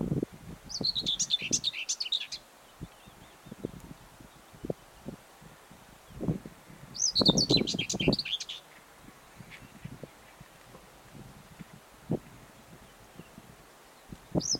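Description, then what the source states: Common whitethroat song: brisk, scratchy warbled phrases of about one and a half seconds, delivered roughly every six to seven seconds, with low rumbling and knocking between them. Recorded 17 June 2022.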